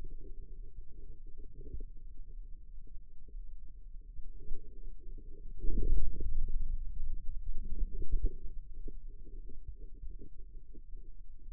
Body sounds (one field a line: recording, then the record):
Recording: forearm muscle sounds (acoustic myography)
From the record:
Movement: inward rotation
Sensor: system 2, bracelet of six BSWA MPA416 microphones around the upper forearm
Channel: 5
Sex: male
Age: 22 years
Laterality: right